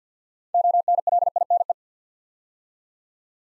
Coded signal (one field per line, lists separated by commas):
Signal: Morse code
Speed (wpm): 47 wpm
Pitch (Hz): 700 Hz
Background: none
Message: ONLINE